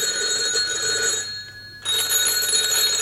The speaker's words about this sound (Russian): Телефон звонил как припадочный.